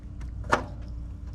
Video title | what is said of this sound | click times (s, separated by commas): Jeep Wrangler EGR Exhaust Gas Recirculation Valve 2020 08 19 | It's got a click on there. | 0.5 s